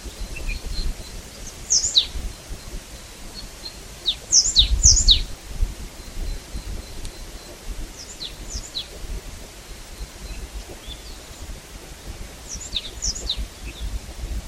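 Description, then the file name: Marsh tit calling with brief, sharp, high descending notes in scattered bursts, some doubled, over low background noise. "Poecile palustris"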